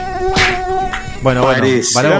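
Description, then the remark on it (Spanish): A thin, steady mosquito whine drones for about a second, then wavers and bends in pitch as the buzzing carries on, loud and unbroken with no talking. “Bueno, paramos un poquito con el zumbido que”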